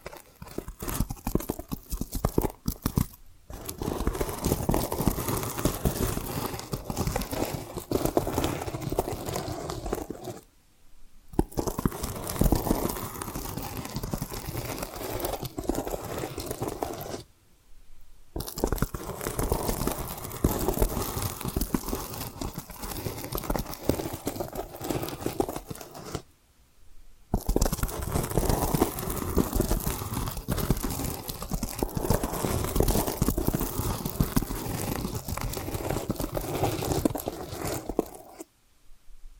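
Tapping and scratching run in dense, busy bursts of crackly, crinkly texture across a wide range, from low thuds to bright scrapes. The sound stops abruptly for brief silences near 3, 11, 18, 27 and 38 seconds, then resumes at a steady level.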